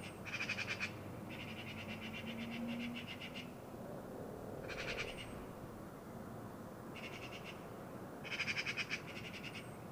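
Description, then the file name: Eurasian magpie rattling calls, rapid rasping chatters in bursts, a couple of them especially loud, over a low hum with a faint thin tone. "Pica pica"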